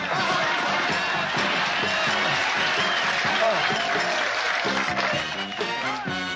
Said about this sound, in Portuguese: É a primeira vez que eu sou aplaudido de pé.